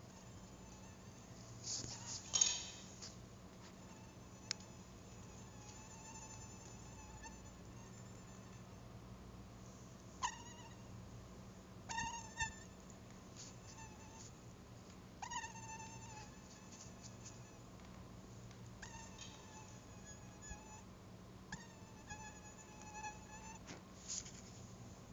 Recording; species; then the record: mosquito flight sound by mobile phone; Anopheles stephensi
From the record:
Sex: male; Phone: Google Nexus